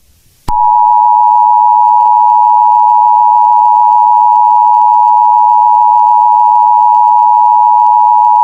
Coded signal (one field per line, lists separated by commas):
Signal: Emergency Alert System (SAME) tones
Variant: 853 and 960 Hz attention tone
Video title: EAS: 8/14/2018-10:48PM